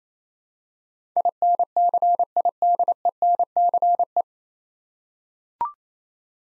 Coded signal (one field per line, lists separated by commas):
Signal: Morse code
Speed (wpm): 28 wpm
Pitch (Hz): 700 Hz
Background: none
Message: INCIDENCE